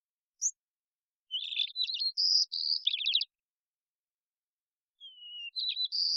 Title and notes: BIRDSong New World Sparrows - WhiteCrowned Sparrow Immature. White-crowned Sparrow, Zonotrichia leucophrys, Songs and Calls, probably an immature bird learning the song or experimenting with variation. Recorded in the beautiful Pacific Northwest, Washington, United States